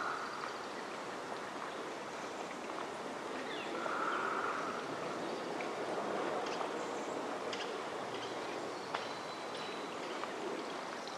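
Steady, dense rushing fills the forest recording throughout, with a slightly louder swell around four to five seconds. Faint short chirps and ticks of birds or insects pop up here and there, especially after eight seconds, over the continuous water-like hiss.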